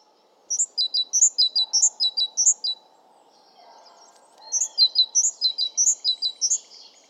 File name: Great Tit Parus major